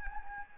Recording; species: mosquito wingbeat signal from an infrared sensor; Anopheles gambiae